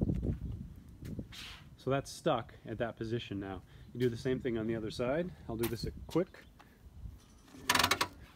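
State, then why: Seated. Someone talks while the second ratcheting wheel arm, on the other side of a 1UP USA hitch bike rack tray, is pushed in against the bike. A quick series of ratchet clicks follows at 7.7, 7.8, 7.9 and 8.0 seconds, and the arm is confirmed locked in.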